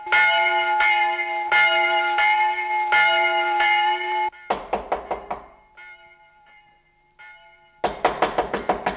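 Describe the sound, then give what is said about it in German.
Ringing bell tones sound first, then two bursts of rapid, loud knocking on a door, each a quick cluster of sharp raps, with a faint tone lingering between them. “Wer ist das, der da klopft?”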